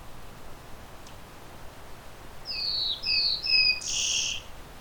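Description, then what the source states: Scarlet Tanager song: a few hoarse, burry phrases in close succession, preceded by one faint tick, over quiet background hiss. Male singing loudly in the afternoon in late May in a hilly park conservation area, first behind then in front of the recordist; also gives soft ticking calls and has noticed the recordist.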